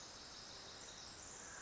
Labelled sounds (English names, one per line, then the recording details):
Pacific Wren
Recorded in Sonoma County, California